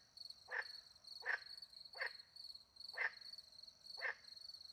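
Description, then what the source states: Frog calling with five brief, grating croaks, set against continuous high-pitched cricket chirping. Frogs with crickets in French countryside at night; microphones hidden in a tree near a small pond; recorded with two Usi Pro microphones into a MixPre-10 II.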